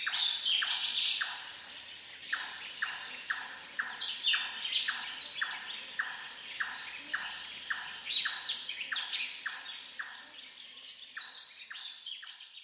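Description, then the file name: Large-tailed Nightjar chopping calls, hollow knocking notes repeated about three times a second in a long series. Several Large-tailed Nightjars giving chopping calls. "Large Tailed Nightjars Chopping Calls - Birds and Wild Ducks"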